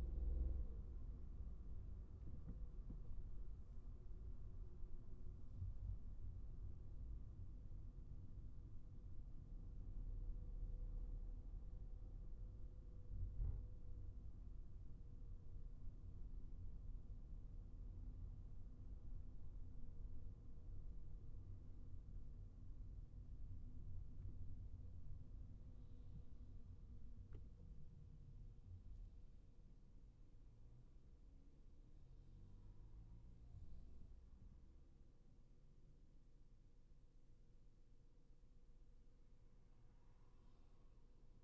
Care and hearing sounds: everyday scene through a hearing-aid microphone; in a vehicle; engine, highway traffic jam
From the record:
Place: Skoda Fabia, gasoline engine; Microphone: behind the ear, right, front

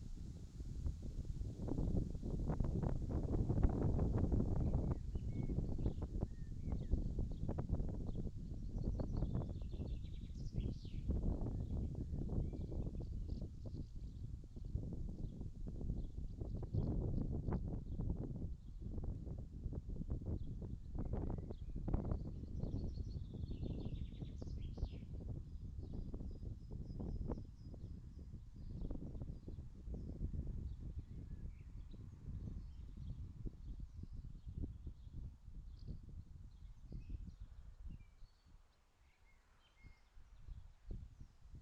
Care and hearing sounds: everyday scene through a hearing-aid microphone; wind on the microphone; wind, birds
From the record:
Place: in front of a rural house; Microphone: in the ear canal, left

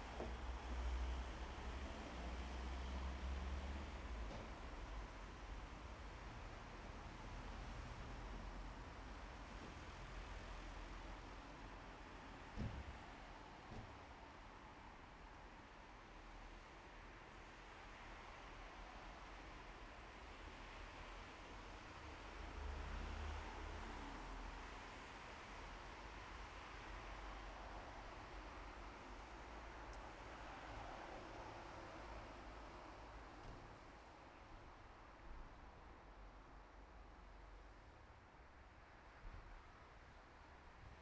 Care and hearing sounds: everyday scene through a hearing-aid microphone; in traffic; traffic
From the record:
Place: bus stop on a city main road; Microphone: behind the ear, left, front

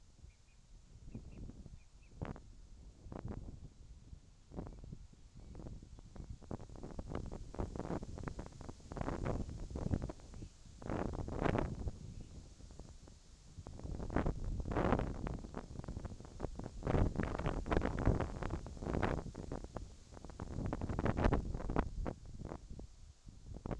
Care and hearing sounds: everyday scene through a hearing-aid microphone; wind on the microphone; wind, whistling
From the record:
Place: in front of a rural house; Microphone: in the ear canal, left

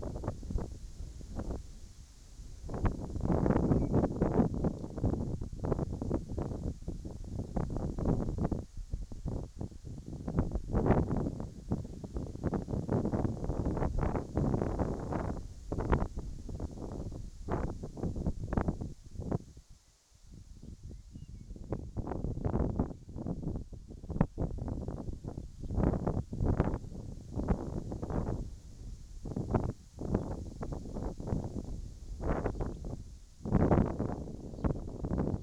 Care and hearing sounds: everyday scene through a hearing-aid microphone; wind on the microphone; wind, whistling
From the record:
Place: in front of a rural house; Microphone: in the ear canal, right

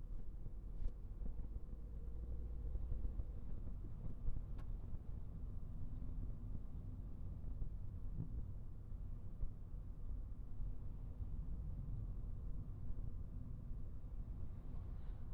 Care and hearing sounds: everyday scene through a hearing-aid microphone; in a vehicle; engine, traffic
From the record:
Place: Skoda Fabia, gasoline engine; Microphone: behind the ear, right, front

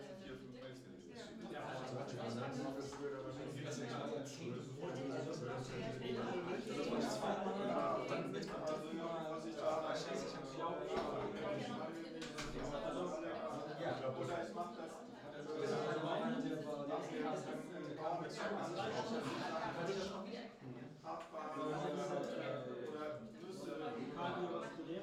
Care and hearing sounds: everyday scene through a hearing-aid microphone; many people talking; many voices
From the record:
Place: bistro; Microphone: in the ear canal, left

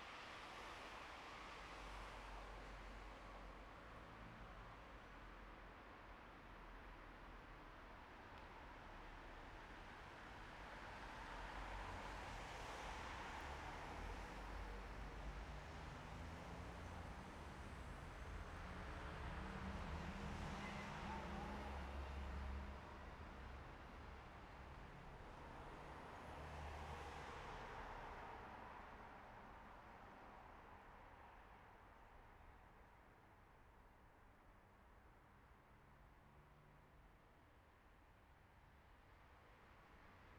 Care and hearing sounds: everyday scene through a hearing-aid microphone; in traffic; traffic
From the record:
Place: bus stop on a city main road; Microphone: behind the ear, right, front

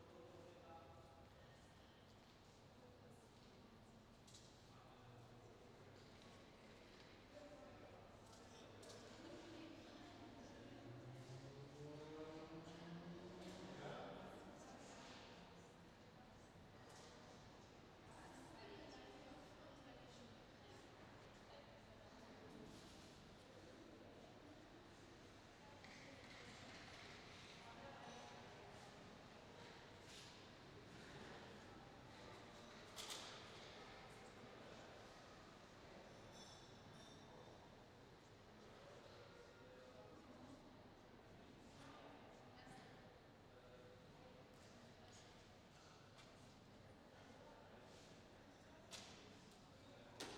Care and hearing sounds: everyday scene through a hearing-aid microphone; reverberant space; background noise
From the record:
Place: railway station hall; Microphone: in the ear canal, left

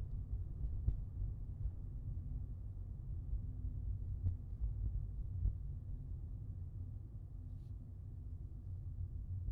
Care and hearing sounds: everyday scene through a hearing-aid microphone; in a vehicle; engine, traffic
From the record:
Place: Skoda Fabia, gasoline engine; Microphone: in the ear canal, left

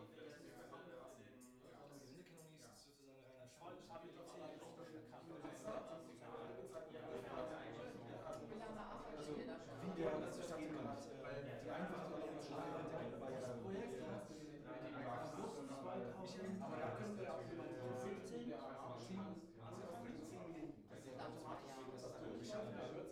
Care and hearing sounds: everyday scene through a hearing-aid microphone; many people talking; many voices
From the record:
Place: bistro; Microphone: behind the ear, right, front

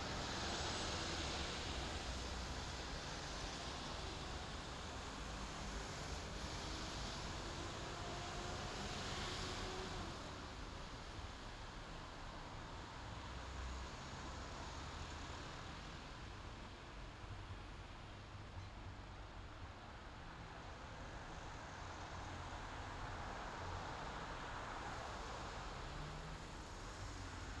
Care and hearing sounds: everyday scene through a hearing-aid microphone; in traffic; traffic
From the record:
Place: main city hub, rush hour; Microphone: in the ear canal, left

